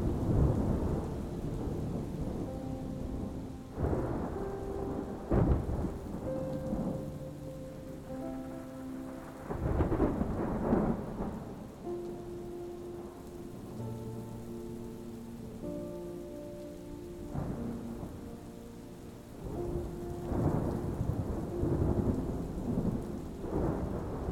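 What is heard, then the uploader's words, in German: Steady rain murmurs under soft, slow music of long sustained notes. Low rumbles of thunder roll in repeatedly, swelling around the fourth, tenth and eighteenth seconds, then fading back beneath the gentle melody. Beruhigendes GEWITTER und Sanfte MUSIK. Das Murmeln des Regens sich mit fernen Donnerschlägen vermischt. Sanfte Musik begleitet die Klänge des Sturms behutsam.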